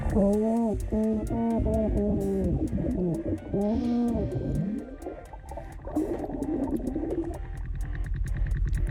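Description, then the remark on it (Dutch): A trumpet played underwater: a string of short, warbling, muffled notes with bending pitch, then a sustained wavering phrase over a gurgling, bubbly low rumble. “We laten even horen een stukje trompet onder water.”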